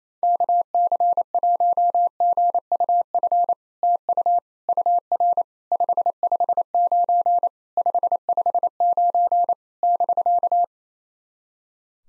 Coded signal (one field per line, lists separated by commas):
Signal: Morse code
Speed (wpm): 28 wpm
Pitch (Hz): 700 Hz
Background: none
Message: KC1GUF TU UR 559 559 <BK>